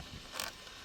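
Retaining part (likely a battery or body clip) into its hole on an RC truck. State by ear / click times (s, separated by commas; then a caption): not seated / none. A retaining part, possibly a battery or body clip, is being pushed into its hole on a HYPERGO 14210 1:14 high-speed off-road V3 brushless RC truck. There is quiet creaky rubbing with a brief louder scraping burst around 0.4 s. The part has not seated or clicked into place yet.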